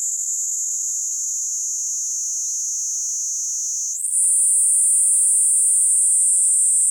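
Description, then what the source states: Kuroiwa's cicada droning in a continuous high buzz that jumps suddenly higher and louder partway through, then holds steady. Recorded 19 April 2018.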